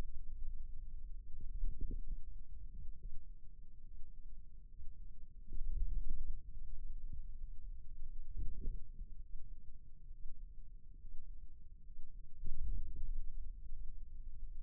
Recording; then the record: forearm muscle sounds (acoustic myography)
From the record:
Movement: wrist extension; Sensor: system 2, bracelet of six BSWA MPA416 microphones around the upper forearm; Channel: 6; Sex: male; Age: 22 years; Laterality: right